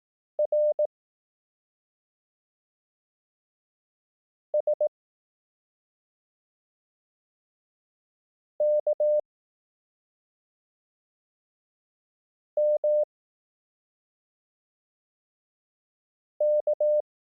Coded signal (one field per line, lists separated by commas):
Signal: Morse code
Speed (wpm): 18 wpm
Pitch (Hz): 600 Hz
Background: none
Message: R S K M K